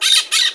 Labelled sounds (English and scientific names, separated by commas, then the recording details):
Brown-throated Parakeet (Eupsittula pertinax) contact call
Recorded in Margarita